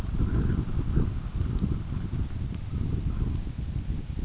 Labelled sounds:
none
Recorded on Arctic tundra, site UTQI-5, on 29 June 2018
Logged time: 16:00

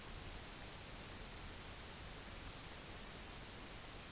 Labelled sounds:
none
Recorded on Arctic tundra, site UTQI-5, on 23 June 2018
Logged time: 04:00

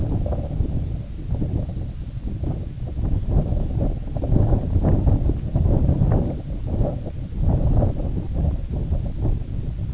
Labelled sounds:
none
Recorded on Arctic tundra, site IGLO-A, on 19 June 2018
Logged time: 03:59

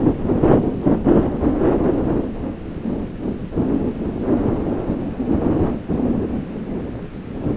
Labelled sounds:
none
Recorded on Arctic tundra, site ZACK-1, on 16 June 2019
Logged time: 07:49

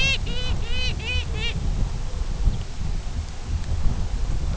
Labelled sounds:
Pomarine Jaeger (Stercorarius pomarinus), Lapland Longspur (Calcarius lapponicus)
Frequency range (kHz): Lapland Longspur (Calcarius lapponicus) 2.5-4.1 kHz
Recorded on Arctic tundra, site UTQI-2, on 17 June 2019
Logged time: 08:00

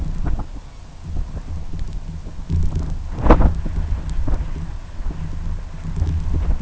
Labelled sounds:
none
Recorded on Arctic tundra, site UTQI-2, on 11 June 2019
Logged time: 20:00

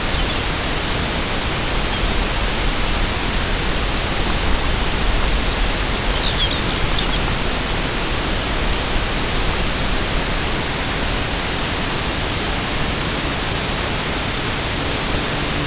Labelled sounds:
Lapland Longspur (Calcarius lapponicus)
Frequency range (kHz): Lapland Longspur (Calcarius lapponicus) 2.4-6.5 kHz
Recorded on Arctic tundra, site UTQI-0, on 13 June 2019
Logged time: 00:00

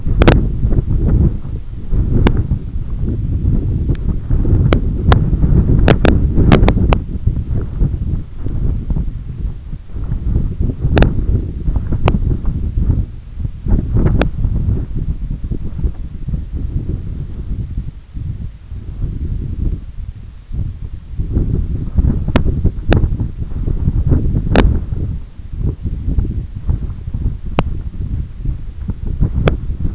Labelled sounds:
none
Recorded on Arctic tundra, site EABA-1, on 20 June 2018
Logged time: 18:00

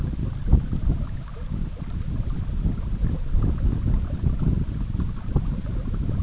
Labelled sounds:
none
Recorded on Arctic tundra, site EABA-MC, on 19 June 2019
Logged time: 02:00

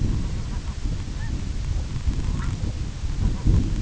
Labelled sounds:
King Eider (Somateria spectabilis), unidentified sound
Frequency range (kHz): King Eider (Somateria spectabilis) 0.5-2.0 kHz
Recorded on Arctic tundra, site IGLO-A, on 22 June 2018
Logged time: 17:59

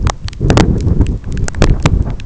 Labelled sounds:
none
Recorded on Arctic tundra, site EABA-1, on 25 June 2018
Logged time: 06:00

